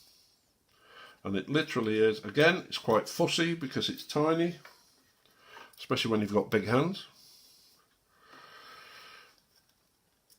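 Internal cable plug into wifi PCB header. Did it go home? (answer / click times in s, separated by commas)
no / none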